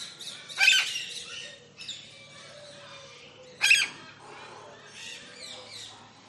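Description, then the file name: Lilac-crowned amazon giving two loud, harsh squawks about three seconds apart, over a steady background of chattering parrots and softer bird calls. Single lilac-crowned amazon squawking close up in a large tropical aviary, with other parrots and doves audible in the background. "zapsplat. tropical large avery parrots doves in bg one lilac crowned amazon parrot close up squawks"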